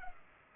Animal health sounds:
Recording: mosquito wingbeat signal from an infrared sensor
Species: Culex pipiens

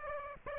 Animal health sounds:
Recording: mosquito wingbeat signal from an infrared sensor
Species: Aedes aegypti

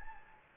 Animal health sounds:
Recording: mosquito wingbeat signal from an infrared sensor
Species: Anopheles gambiae

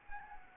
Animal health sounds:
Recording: mosquito wingbeat signal from an infrared sensor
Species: Anopheles gambiae

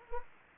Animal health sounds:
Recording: mosquito wingbeat signal from an infrared sensor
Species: Anopheles arabiensis

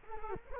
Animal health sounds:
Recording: mosquito wingbeat signal from an infrared sensor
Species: Culex quinquefasciatus

